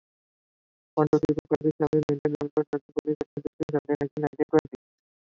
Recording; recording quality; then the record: counting at a fast pace; moderate, slight background noise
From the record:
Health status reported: COVID-19 positive, mild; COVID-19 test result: positive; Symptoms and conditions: cough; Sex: male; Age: 30 years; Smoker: not ticked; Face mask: not worn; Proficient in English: yes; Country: India